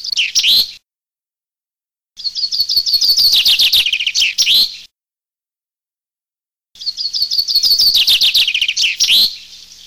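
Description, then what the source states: Common chaffinch delivering repeated song phrases: the tail of one, then two full rattling descending trills with terminal flourishes, separated by brief silences. Filtered.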